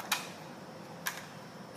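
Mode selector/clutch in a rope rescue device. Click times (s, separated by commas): 0.1 s, 1.1 s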